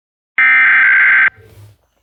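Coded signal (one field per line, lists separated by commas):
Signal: Emergency Alert System (SAME) tones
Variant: header bursts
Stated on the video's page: Florida required monthly test, received over the air and via Comcast cable.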